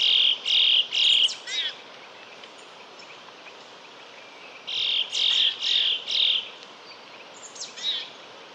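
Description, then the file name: Siberian tit uttering rasping, buzzy call notes in two series of about five, then a single note, over a steady hiss of background noise. "lappmes"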